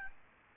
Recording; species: mosquito wingbeat signal from an infrared sensor; Aedes albopictus